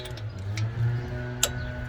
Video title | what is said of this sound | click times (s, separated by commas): Replacing 2017 Nissan Murano brakes | Hear the click? Yeah. That's all you need. | 1.4 s